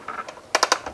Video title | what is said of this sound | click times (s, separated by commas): Vevor Retractable Extension Cord Reel. Perfect for Garage Use! | and you can hear it click and it'll stay out | 0.6 s